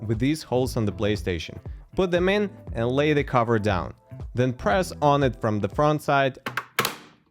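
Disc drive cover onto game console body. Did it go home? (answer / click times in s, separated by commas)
yes / 6.8 s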